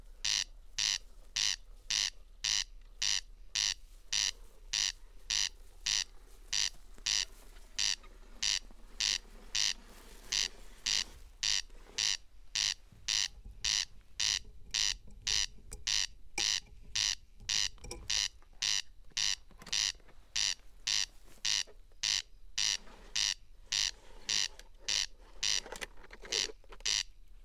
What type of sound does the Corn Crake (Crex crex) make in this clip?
song